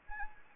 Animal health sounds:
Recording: mosquito wingbeat signal from an infrared sensor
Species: Anopheles arabiensis

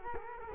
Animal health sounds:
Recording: mosquito wingbeat signal from an infrared sensor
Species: Culex quinquefasciatus

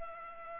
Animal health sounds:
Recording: mosquito wingbeat signal from an infrared sensor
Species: Culex pipiens

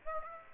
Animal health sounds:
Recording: mosquito wingbeat signal from an infrared sensor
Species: Aedes aegypti

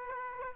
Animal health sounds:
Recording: mosquito wingbeat signal from an infrared sensor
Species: Aedes aegypti

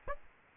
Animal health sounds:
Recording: mosquito wingbeat signal from an infrared sensor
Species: Aedes albopictus

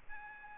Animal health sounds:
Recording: mosquito wingbeat signal from an infrared sensor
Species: Aedes albopictus

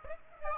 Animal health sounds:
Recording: mosquito wingbeat signal from an infrared sensor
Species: Aedes aegypti

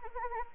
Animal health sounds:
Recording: mosquito wingbeat signal from an infrared sensor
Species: Anopheles arabiensis

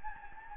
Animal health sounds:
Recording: mosquito wingbeat signal from an infrared sensor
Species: Anopheles gambiae

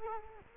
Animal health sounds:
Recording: mosquito wingbeat signal from an infrared sensor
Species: Culex quinquefasciatus

